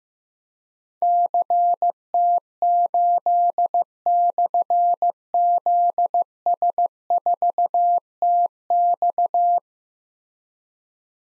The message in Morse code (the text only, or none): CT8/ZS4TX